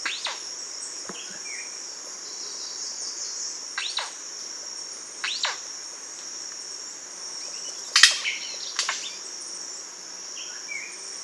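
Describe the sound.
Bird calls, a few sharp downward-sweeping notes over a loud, steady high-pitched insect drone.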